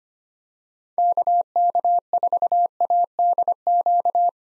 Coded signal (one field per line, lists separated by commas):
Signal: Morse code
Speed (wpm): 25 wpm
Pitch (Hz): 700 Hz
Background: none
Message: KK4ADQ